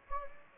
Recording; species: mosquito wingbeat signal from an infrared sensor; Anopheles gambiae